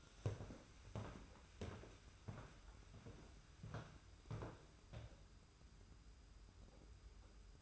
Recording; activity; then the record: daily activity, microphone in the room; walk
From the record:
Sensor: 2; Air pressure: 991.5 hPa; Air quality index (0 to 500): 187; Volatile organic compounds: 1000 ppm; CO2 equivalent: 6111 ppm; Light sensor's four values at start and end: 27/81/32/30 and 30/91/35/34